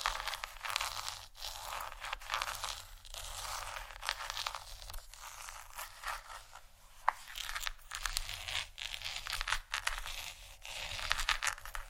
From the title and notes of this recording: ASMR Gentle Scratching For Sleep（No Talking）.